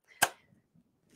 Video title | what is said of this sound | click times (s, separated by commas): 333: Design a Gathered Skirt | click this back until you hear the click so if you missed that last week | 0.2 s